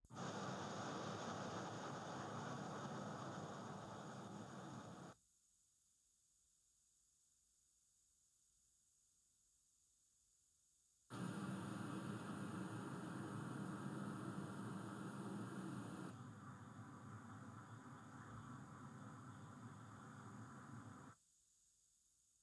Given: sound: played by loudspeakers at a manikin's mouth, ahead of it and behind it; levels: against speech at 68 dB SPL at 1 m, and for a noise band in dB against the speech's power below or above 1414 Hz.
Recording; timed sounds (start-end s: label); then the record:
test signals for a remote microphone
0.12-5.12 s: speech-spectrum noise from the mouth, +10 dB
11.12-16.12 s: speech-spectrum noise from ahead, +10 dB
16.12-21.12 s: speech-spectrum noise from behind, +10 dB
From the record:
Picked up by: remote receiver E, fed by microphone B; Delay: 43 ms